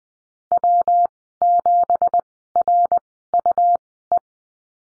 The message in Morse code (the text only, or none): W7RUE